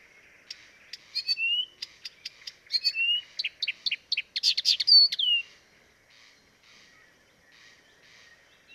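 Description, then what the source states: Blyth's reed warbler song: rapid chattering clicks and rising whistled slurs building to a dense burst, then fading to faint notes. Dviete.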